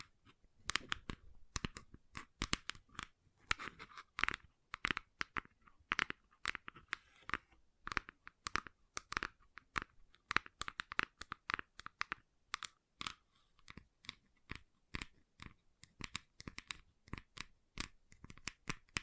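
Gentle tapping in quick, uneven bursts, each tap a short crisp click with a dry, crunchy edge. The taps come several per second, sometimes clustered, sometimes briefly spaced out, with faint rustling between them and no other sounds.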